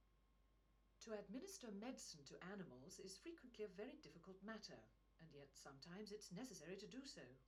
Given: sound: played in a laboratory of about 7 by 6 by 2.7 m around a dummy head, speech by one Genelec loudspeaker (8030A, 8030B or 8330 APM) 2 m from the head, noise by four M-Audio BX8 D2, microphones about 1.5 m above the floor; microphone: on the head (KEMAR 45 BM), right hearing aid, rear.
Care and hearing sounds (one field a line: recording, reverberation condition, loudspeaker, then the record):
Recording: female speech in English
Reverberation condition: low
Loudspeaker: 60 degrees to the right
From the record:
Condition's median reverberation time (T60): about 310 ms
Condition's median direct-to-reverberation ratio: about 3.5 dB